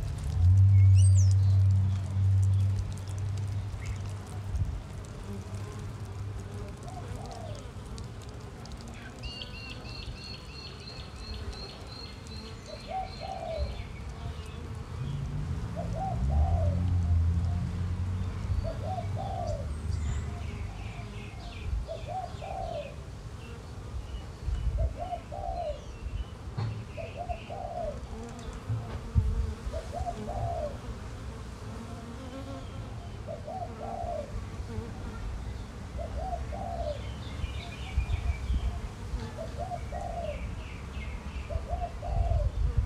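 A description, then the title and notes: Bees hum low in a backyard while a dove coos steadily every couple of seconds, with small birds chirping faintly. Resevoir, Victoria. Bees () in the backyard of her Reservoir home.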